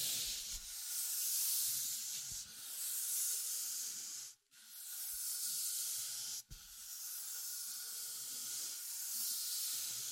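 Steady, bright scratching and rubbing strokes fill the clip, with a few low taps and brief silent breaks near four and six seconds.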